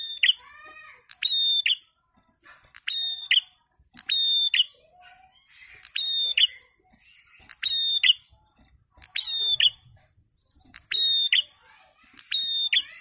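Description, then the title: Prinia song: loud, harsh buzzy notes with ringing overtones, each phrase a short rasping burst repeated roughly every one to two seconds over a quiet background. In full song (gacor); a masteran training recording. "Prenjak kepala merah [prenjak atas] Gacor, lagu enak di dengar.. lawan auto nyaut"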